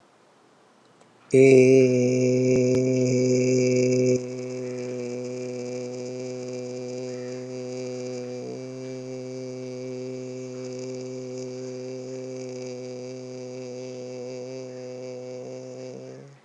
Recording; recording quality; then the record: sustained vowel as in made; excellent, no background noise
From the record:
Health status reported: healthy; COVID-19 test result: not tested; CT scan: not taken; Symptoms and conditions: none ticked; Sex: male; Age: 28 years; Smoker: no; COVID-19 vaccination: one dose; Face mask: not worn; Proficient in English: yes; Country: India